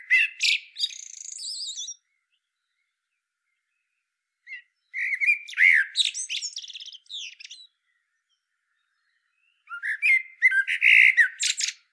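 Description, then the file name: Common blackbird gives three song phrases, each a mellow whistled warble run into strained, high twittering notes, with silence between them. "Turdus merula"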